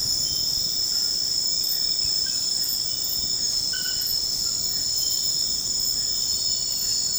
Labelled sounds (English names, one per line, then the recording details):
none
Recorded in dense forest near Puerto Asís, Putumayo, Colombia, on 18 February 2024 at 02:00
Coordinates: 0.472, -76.329
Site G6394